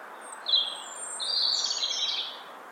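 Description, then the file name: European robin giving a short, high, thin note followed by a longer shimmering phrase, against soft steady hiss. "Erithacus rubecula"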